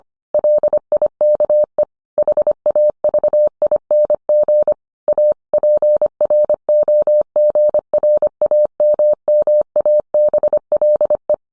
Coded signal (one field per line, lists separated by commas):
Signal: Morse code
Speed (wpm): 25 wpm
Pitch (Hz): 600 Hz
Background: none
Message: LIKE HAVING A PROGRAMMABLE